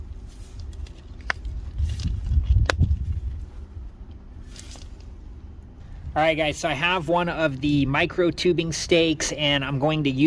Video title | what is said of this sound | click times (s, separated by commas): New Tree Drip Ring Irrigation Tutorial | there's usually like a clicking noise when you hear the barbed connector go into the tubing here so we'll listen for that | 1.3 s, 2.7 s